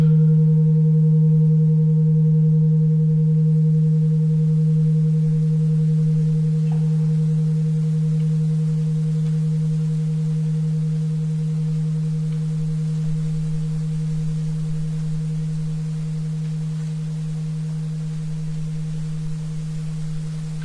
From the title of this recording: 77.4 Hz